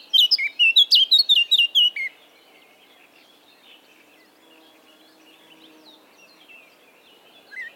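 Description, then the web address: Eurasian blackcap song: a burst of loud whistled notes for two seconds, followed by quiet background with faint bird sounds. "SETE Sylvia atricapilla"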